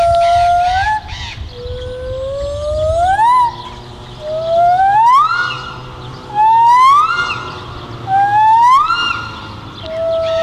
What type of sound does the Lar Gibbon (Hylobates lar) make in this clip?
call